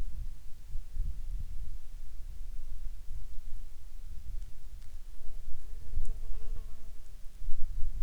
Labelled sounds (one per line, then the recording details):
wind
insects
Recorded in the Arctic National Wildlife Refuge, Alaska, on 10 July 2019 at 18:20
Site 44